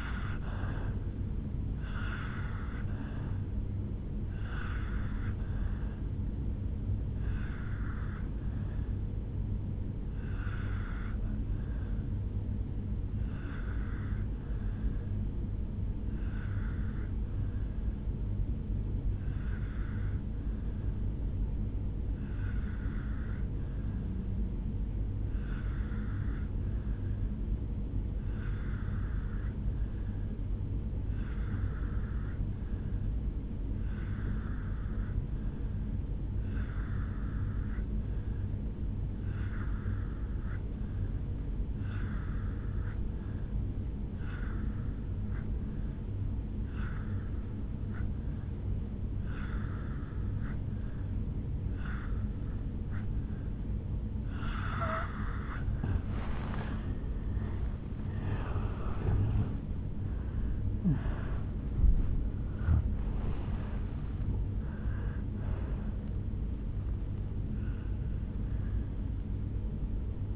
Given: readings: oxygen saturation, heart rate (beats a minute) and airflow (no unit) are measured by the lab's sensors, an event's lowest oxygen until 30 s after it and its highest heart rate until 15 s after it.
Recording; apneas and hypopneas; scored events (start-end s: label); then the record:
breathing in sleep by a smartphone at the bedside; 1
12.00-56.50 s: obstructive apnea (N2, oxygen 97% highest, then 84% lowest, heart rate 58 at the start, 81 highest)
65.00-70.36 s: new sleep stage, N1 (lightest sleep)
From the record:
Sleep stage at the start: N2 (light sleep); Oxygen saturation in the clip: 84 to 97%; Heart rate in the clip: 57 to 81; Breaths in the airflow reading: 8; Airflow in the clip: -11.7 to 8.7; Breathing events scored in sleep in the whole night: 449 in 7.0 hours asleep